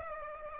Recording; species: mosquito wingbeat signal from an infrared sensor; Aedes aegypti